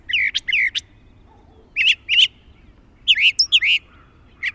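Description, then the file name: Brown thrasher song: loud, scratchy phrases mostly delivered in pairs, each pair different from the last, with brief silences between groups. "suara kicauan brown thrasher. omkicau"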